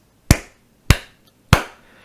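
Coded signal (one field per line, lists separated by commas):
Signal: tap code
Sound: three sharp, evenly spaced knocks or snaps in a quiet room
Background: quiet room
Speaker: with a two he has to go into this row here and with a three he has to select the H. So he received the H.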